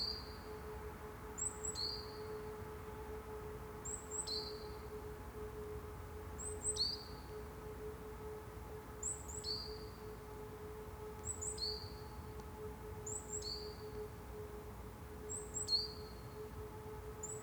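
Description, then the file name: Great tit song, a paired high two-note phrase, a short high note then a lower one, repeated roughly every two to three seconds over a steady low hum. "Parus major"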